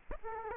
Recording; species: mosquito wingbeat signal from an infrared sensor; Aedes aegypti